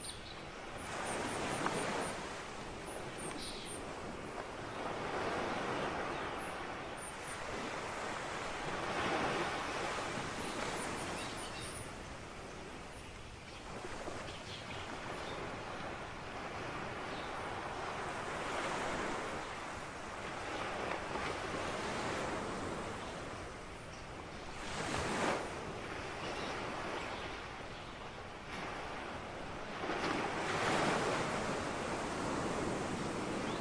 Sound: Ocean Waves with faint storm in a distance